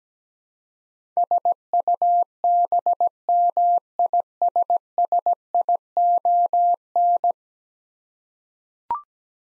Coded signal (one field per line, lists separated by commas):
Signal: Morse code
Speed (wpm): 17 wpm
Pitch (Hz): 700 Hz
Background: none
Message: SUBMISSION